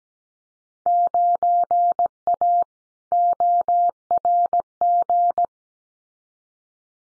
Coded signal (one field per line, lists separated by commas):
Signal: Morse code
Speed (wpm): 17 wpm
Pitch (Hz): 700 Hz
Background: none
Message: 9A ORG